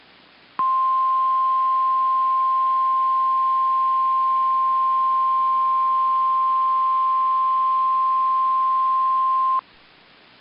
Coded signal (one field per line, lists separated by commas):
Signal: Emergency Alert System (SAME) tones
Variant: 1050 Hz attention tone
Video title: 1-30-19 Required Weekly Test (EAS #291)